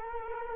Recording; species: mosquito wingbeat signal from an infrared sensor; Culex quinquefasciatus